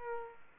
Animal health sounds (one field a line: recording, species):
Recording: mosquito wingbeat signal from an infrared sensor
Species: Aedes aegypti